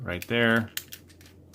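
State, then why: Not seated. Someone talks briefly while a folding plastic panel of a toy robot is handled and closed down toward the robot's body, with a few faint plastic ticks. Nothing has seated or snapped into place yet.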